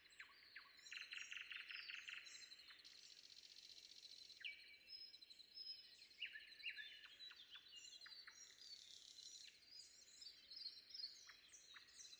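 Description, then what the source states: Common nightingale song: rapid buzzy trills and sharp down-slurred notes. Recorded before dawn.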